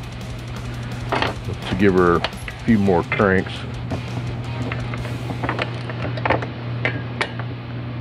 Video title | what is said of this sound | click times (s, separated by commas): Assembling the Forward Clutch on a 4L80e Transmission | there you just heard it snap | 7.2 s